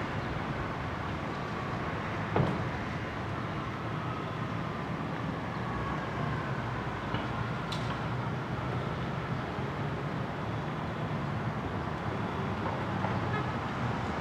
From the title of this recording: Ext, Brooklyn Roof